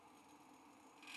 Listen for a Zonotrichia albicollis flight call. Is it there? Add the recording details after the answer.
no. No flight call is heard. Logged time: 07:54 on 5 December 2014